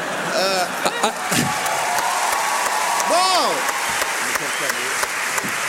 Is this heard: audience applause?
yes